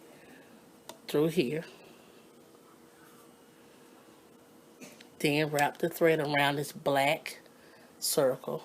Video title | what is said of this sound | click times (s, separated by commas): New Home Janome SD2014 Model Sewing Machine THREADING THE MACHINE | Brace your fingers and snap it down. You'll hear a little click | 0.9 s